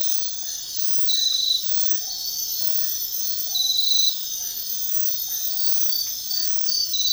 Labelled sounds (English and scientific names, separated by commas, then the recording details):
none
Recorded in dense forest near Puerto Asís, Putumayo, Colombia, on 18 February 2024 at 04:30
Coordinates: 0.500, -76.322
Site G6465